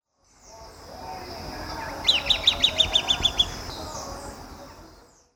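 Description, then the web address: Red-billed tyrannulet call: a quick series of about nine clear, high notes, evenly spaced and slightly descending, over a steady background hiss. Recorded in Ecuador. "Birds of Ecuador. Red-billed Tyrannulet"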